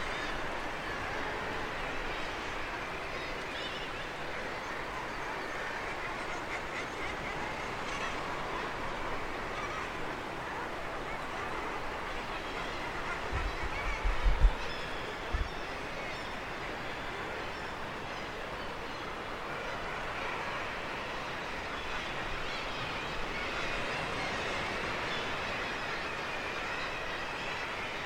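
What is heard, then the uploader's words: A huge seabird colony on the cliffs of Handa keeps up a constant, dense chatter of guillemots, razorbills and fulmars, calls blending into one steady bright wash. Around the middle, a few low thuds and bumps stand out briefly before the even din resumes. The evocative chatter of a huge seabird colony. The wild cliffs of Handa, off the coast of Sutherland, and the swirling whirling city of seabirds. The noise is constant as birds constantly commute between cliffs and the wider ocean to feed. Recorded by Fergus Collins.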